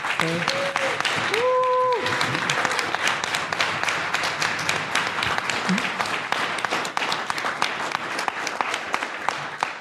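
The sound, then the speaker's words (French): A crowd at a science event breaks into loud, sustained applause to thank an organizer, dense clapping filling the whole stretch, with a few brief whistles or cheers rising over it near the start. “Là, je voudrais vraiment un tonnerre d'applaudissements.”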